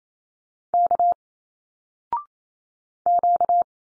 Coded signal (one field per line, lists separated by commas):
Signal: Morse code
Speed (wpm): 28 wpm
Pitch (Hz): 700 Hz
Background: none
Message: K Q